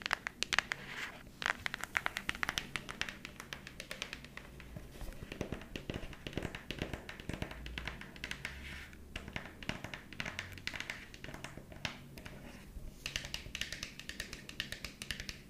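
Tapping ASMR: a dense, continuous stream of quick, light taps running the whole time, bright and crisp with a softer low thud underneath. The pace stays busy and irregular, with slightly louder clusters near the start and around the middle.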